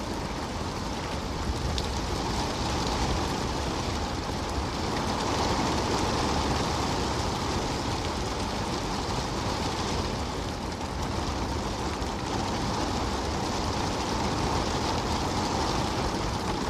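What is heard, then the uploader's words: Steady rain hisses without pause, a dense even wash from low rumble to bright patter, with no distinct drops or breaks standing out. Rainy Bliss: Experiencing the Serene Rain.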